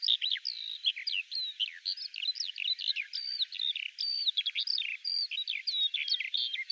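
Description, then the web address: Bird song made of short varied phrases, clipped whistles, chips and slurred notes, repeated in a lively, evenly spaced sequence. "Deverinetal 2025 File cleaned normalized Bird Al Ar"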